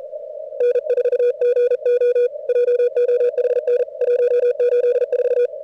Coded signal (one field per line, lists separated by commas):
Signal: Morse code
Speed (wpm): 37 wpm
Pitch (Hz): 490 Hz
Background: none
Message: N4GO JOHN 184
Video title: CWops 0300 cwt at 550 hz cw